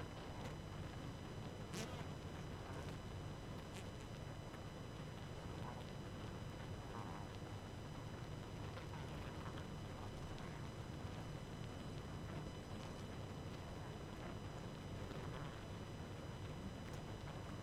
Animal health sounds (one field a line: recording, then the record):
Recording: honeybee colony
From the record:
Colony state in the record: active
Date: 12 June 2018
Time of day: 23:52